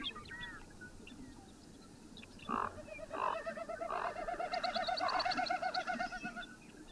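Bird song: a few sharp chirps, then a series of rapid wavering notes that grows louder toward the end.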